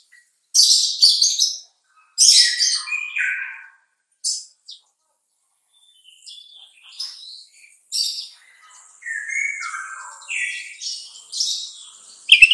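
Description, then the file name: Bulbul song: short bursts of high, scratchy notes with pauses, then softer slurred phrases that continue to the end. "suara kutilang trucukan"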